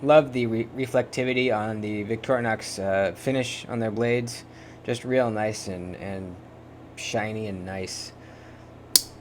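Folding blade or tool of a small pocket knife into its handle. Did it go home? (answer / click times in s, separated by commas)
yes / 9.0 s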